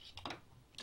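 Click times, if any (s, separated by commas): none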